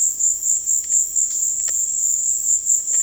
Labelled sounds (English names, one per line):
none